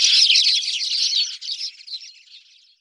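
Spanish sparrow chattering, a loud blur of chirps that weakens and trails off.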